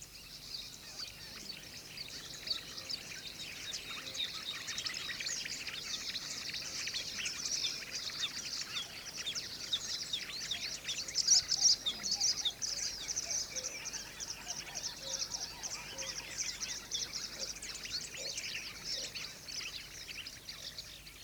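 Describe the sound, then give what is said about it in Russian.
A dense chorus of birds in spring, whistling and chirping, with rapid high-pitched twittering that continues steadily throughout and swells a little louder around the middle, with no voices. “Птицы весной слетятся ко мне со всех сторон, свистят, теленькают, стрекочут.”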